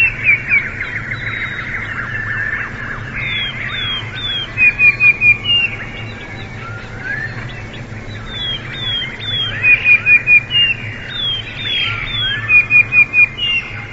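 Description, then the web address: Sparrow chirps, steady chattering broken by three bursts of rapid, evenly spaced chirps, with a low hum beneath. "wroblowe teka"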